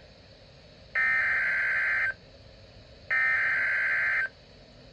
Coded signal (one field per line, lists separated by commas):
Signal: Emergency Alert System (SAME) tones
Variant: header bursts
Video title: NOAA Weather Radio